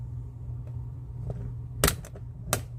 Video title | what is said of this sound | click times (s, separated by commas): Amazon Products Received & Reviewed Dollar Tree Haul 🛒Gift From a Viewer 🎁 Experimenting with Resin🎨 | and you hear that little click yep and it's in there | 1.8 s, 2.5 s